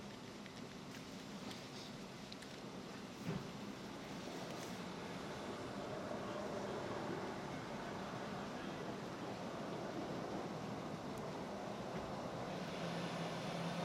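A city street holds a dense, steady roar of traffic with constant low rumble, swelling gradually louder over the second half. Brief clicks and knocks stand out near three and five seconds, with faint higher tones along the top.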